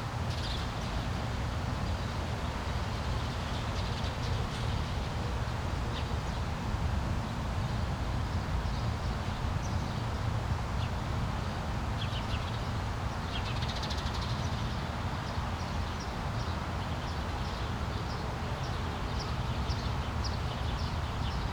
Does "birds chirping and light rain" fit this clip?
yes